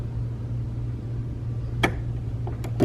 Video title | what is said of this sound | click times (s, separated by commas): Why Baby Lock Presto II Is The Best Sewing Machine - Full Tutorial - | It'll click in place. | 1.8 s